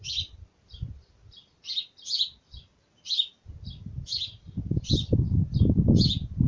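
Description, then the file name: Bird giving rasping, high chirps in quick irregular bursts; low rustling and rumbling builds up in the second half. Birds at a nest. "Nido pajaros"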